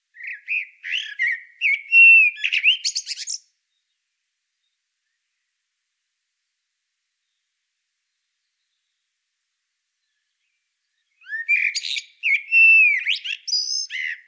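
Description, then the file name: Common blackbird song: two fluty warbled phrases with high squeaky twitters, separated by a long silence. "Turdus merula"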